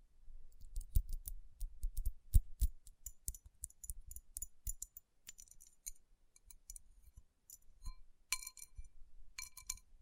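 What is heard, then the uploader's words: Fingertips tap and rub over rhinestone-covered palms, making dense, irregular glassy clicks and bright tinkles over a soft low rubbing throughout. Tapping & Rubbing Rhinestone Covered Palms.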